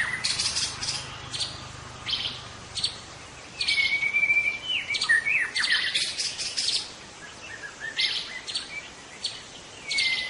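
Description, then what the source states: White-rumped shama singing: smooth drawn-out whistles, some rising and falling, broken up by scratchy high chatter, phrases separated by short silences; light background hiss. In forest.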